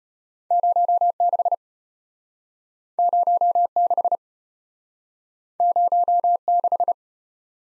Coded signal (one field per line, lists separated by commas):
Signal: Morse code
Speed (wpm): 34 wpm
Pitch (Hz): 700 Hz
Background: none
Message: 06 06 06